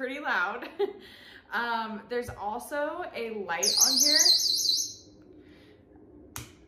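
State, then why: Partly seated. A keychain pull-pin is pushed back into the body of a PAPASAFETY keychain personal safety alarm to silence it, while someone talks over a warbling high-pitched alarm tone. A sharp hit lands at 6.4 s, but the pin is not snapped fully back in.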